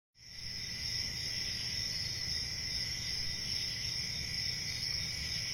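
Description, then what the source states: Crickets chirping in a dense, continuous chorus with steady high-pitched trilling bands, a constant shimmering wall of sound with low background rumble. Crickets on a summer night.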